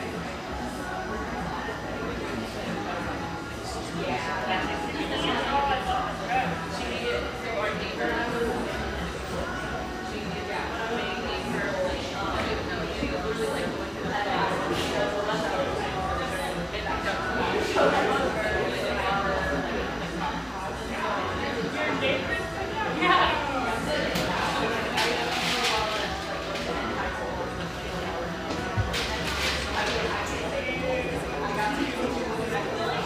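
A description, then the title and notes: Inside an exposed-brick gathering spot in Portland, Oregon, many voices overlap in a steady, dense murmur that never drops away. Sharp, bright clinks and clatters break through now and then, clustering around the twenty-three to thirty second mark, over a low, constant hum. Overlook, Portland, Oregon. Riverside on Portland's east Willamette banks, this industrial neighborhood sports some quality coffeehouses, including this mellow, exposed-brick gem frequented by railyard staff.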